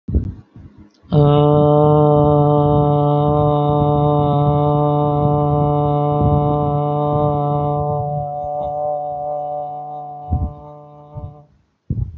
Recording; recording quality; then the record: sustained vowel as in boot; excellent, no background noise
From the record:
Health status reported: healthy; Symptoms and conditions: none ticked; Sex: male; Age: 32 years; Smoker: not ticked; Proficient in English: yes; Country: India